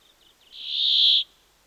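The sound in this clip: Brambling song: a few faint short notes lead into one loud, drawn-out nasal buzz that swells and then stops sharply.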